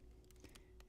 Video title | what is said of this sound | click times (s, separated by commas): Intel 2nd Generation Dual Band Wireless Adapter (7265) Install-Upgrade HP Envy M6-P113DX Laptop | And you can just hear it click a little bit when it goes in. | 0.9 s